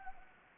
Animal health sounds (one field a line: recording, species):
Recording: mosquito wingbeat signal from an infrared sensor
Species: Anopheles arabiensis